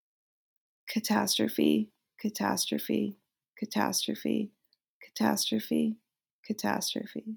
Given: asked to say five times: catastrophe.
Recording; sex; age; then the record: repeated word; female; 20 to 29 years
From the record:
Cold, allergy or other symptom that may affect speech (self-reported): no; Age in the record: 28 years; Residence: Virginia, United States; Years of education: 16